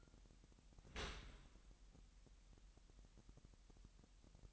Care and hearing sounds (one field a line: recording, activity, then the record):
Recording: daily activity, microphone in the room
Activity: open dishwasher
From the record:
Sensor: 3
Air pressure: 998.3 hPa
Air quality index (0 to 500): 150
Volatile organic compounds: 5 ppm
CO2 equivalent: 1793 ppm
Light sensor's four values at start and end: 13/39/16/14 and 13/39/16/14